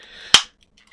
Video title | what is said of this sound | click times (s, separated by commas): Vax SpotWash Carpet & Upholstery Cleaner...Great Price at Lidl...full unboxing, Demo, and Review. | push that down it just clicks in you can hear it clicking | 0.3 s